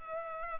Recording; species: mosquito wingbeat signal from an infrared sensor; Culex pipiens